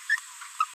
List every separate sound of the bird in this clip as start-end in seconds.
0.09-0.17, 0.60-0.65